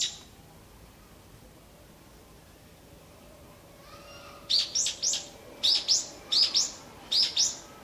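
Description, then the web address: Evening cicada song: a quiet start, then several quick, ringing pulses, uneven in rhythm. "kanakana hiyo"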